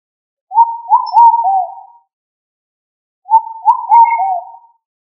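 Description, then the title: Pigeon cooing, two phrases of soft wavering coos, each about one and a half seconds long, separated by silence. "Familia Columbidae Pomba"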